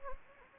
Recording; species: mosquito wingbeat signal from an infrared sensor; Anopheles gambiae